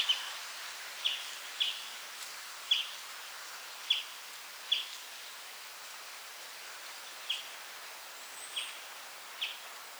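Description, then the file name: European greenfinch giving short, sharp call notes spaced about one second apart, sometimes with longer gaps, against a quiet, steady background hiss. "Chloris chloris"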